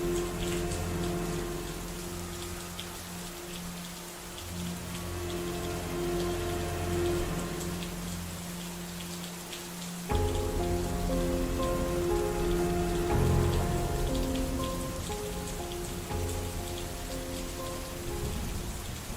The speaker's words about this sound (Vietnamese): Thế rồi khi những cơn mưa cứ ầm ầm đổ xuống sẽ cuốn đi tất cả máu chảy xuống cống rãnh, cuốn theo luôn cả một kiếp người.